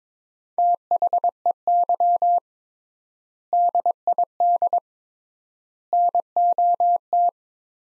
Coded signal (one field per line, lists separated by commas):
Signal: Morse code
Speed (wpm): 22 wpm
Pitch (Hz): 700 Hz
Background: none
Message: THEY DID NOT